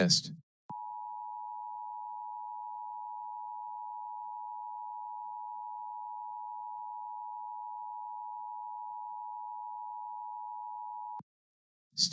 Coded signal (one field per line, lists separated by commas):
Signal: Emergency Alert System (SAME) tones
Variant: 853 and 960 Hz attention tone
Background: speech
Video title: LIVE AM/MW DX: DX Central Live - S. 3, Ep. 10 | Friday, November 25, 2022 | MWFC: 1310 & 774 kHz